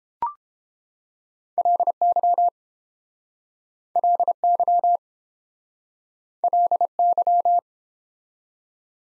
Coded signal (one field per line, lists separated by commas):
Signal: Morse code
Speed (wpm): 30 wpm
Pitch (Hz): 700 Hz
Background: none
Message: LY LY LY